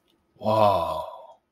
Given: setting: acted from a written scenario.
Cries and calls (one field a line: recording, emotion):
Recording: vocal sound without words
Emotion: awe